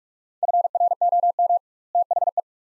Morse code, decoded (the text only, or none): FROM THE